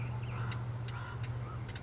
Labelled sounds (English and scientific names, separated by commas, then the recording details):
Common Raven (Corvus corax)
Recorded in Sonoma County, California